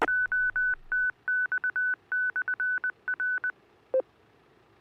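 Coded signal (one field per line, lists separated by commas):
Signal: Morse code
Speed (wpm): 20 wpm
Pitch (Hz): 1500 Hz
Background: none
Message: OTX/R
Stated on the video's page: Weekly learning net on the 145.490 MHz repeater (100.0 Hz tone), linked to 448.625 MHz.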